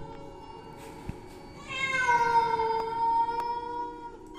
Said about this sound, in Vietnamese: Chỉ còn lại những tiếng gầm gừ. Sau đó họ nghe rõ là tiếng mèo. Kỳ lạ là không phải loài mèo nhà, mà là tiếng mèo hoang, những con mèo rừng đang kêu lên ghê rợn ở bên kia dòng suối.